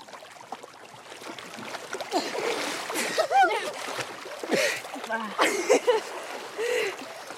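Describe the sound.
Water splashes and sloshes steadily around a small boat where a mother and her daughters are relaxing on the water, while several voices call out and chatter over the noise in short, lively bursts.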